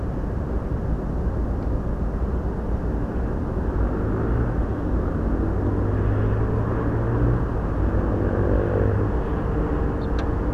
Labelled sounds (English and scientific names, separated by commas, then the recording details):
Ortolan Bunting (Emberiza hortulana)
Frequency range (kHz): Ortolan Bunting (Emberiza hortulana) 3.2-5.0 kHz
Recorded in France